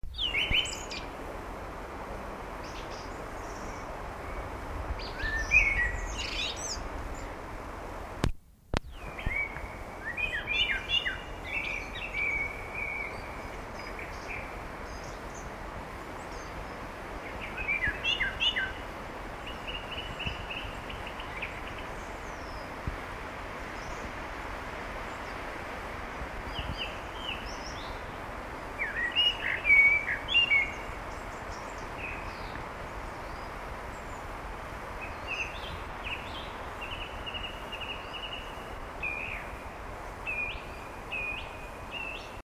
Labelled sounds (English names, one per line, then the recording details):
Common Blackbird song
Song Thrush
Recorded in the wild
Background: Turdus philomelos
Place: Erlangen, Bayern, DE
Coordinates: 49.6086, 10.9697
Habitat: forest
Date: 1962-04-02
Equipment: Stellavox SM 5, Original, Vollspur
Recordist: Tretzel, Erwin
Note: Waldgebiet Mönau (Zentrum): Männchen: Gesang (kurz ihr Motiv "Mutti" und Alarmmotiv)